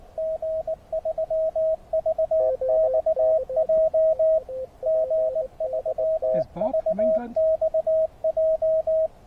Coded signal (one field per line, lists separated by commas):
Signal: Morse code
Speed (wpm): 22 wpm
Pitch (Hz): 590 Hz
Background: radio noise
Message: G3VXJ G3VXJ